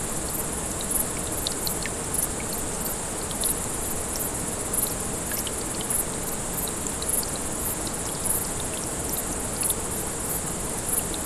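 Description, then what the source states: Grasshopper stridulation: a regular string of short high sizzles over unbroken stream noise and a few bright water drips. Several grasshoppers beside a small brook, 6 August 2014, recorded on an MZ-N 710.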